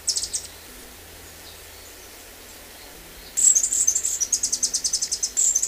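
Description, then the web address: Andean emerald giving a brief burst of high chips, then after a silence a fast, steady series of thin, high-pitched twittering notes. Ecuador. "Birds of Ecuador. Andean Emerald"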